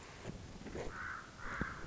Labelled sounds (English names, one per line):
Common Raven